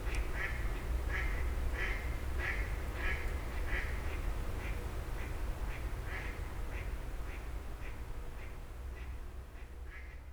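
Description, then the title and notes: Grey heron giving a rapid series of short, rasping call notes, gradually fading, with constant low traffic rumble beneath. Several grey herons exchanging calls at 04:00 as traffic gradually resumes, Fenouillet, France. "44 Rue des Gourgues, 31150 Fenouillet, France - 04h00-Dialogue de Hérons cendrés. 04h00-Alors que la circulation reprend peu à peu, des hérons cendrés se font des politesses"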